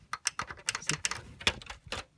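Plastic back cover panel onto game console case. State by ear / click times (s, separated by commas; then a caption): seated / 0.3 s, 0.4 s, 0.7 s, 0.9 s, 1.1 s, 1.5 s. The plastic back cover panel is pressed hard onto an Xbox 360 game console case after its thermal paste was replaced. A series of sharp plastic clicks is heard at 0.3, 0.4, 0.7, 0.9, 1.1 and 1.5 seconds as the clips snap in, and the panel seats in place.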